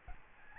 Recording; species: mosquito wingbeat signal from an infrared sensor; Aedes albopictus